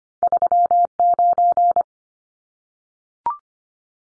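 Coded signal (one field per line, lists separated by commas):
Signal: Morse code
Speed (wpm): 25 wpm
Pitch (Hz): 700 Hz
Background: none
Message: 39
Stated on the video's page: Two-digit numbers at 25wpm for head-copy practice, each sent in Morse, then spoken, then sent again.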